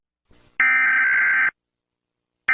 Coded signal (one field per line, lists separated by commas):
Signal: Emergency Alert System (SAME) tones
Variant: header bursts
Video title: Mr Increíble Perturbado (EAS ALARMS 2) Parte 2 | 2/10